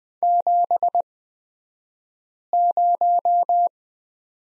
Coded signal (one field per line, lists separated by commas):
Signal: Morse code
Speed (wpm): 20 wpm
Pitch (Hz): 700 Hz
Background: none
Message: 70